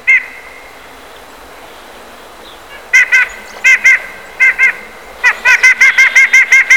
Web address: peene na ptici soika